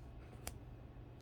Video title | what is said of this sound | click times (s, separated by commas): Giant Earring Lot Vintage Costume Jewelry Unboxing | push it in and when you hear that snap you know it's secure | 0.5 s